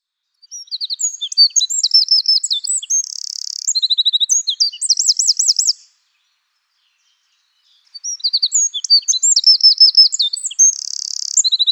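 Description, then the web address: Eurasian Wren singing a long, loud, high-pitched phrase of fast chattering notes and rolling trills, then after a two-second silence starting another. "birdify. troglodytes troglodytes"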